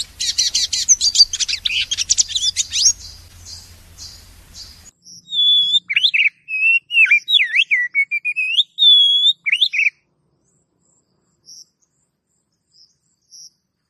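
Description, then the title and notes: Oriental magpie-robin song: fast high chattering over a low hum for a few seconds, then clear whistled phrases that swoop up and down, followed by a few faint soft notes. Long-duration master song used to train cage birds. "Master Kacer Durasi Panjang. Suara Masteran Burung Kacer Durasi Panjang"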